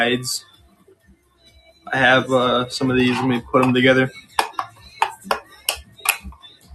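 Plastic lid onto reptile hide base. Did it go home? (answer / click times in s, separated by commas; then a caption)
yes / 5.3 s, 5.7 s. A plastic lid is pressed onto a small plastic reptile hide base as someone talks, followed by a run of sharp clicks. The lid snaps on and seats at 5.3 and 5.7 seconds.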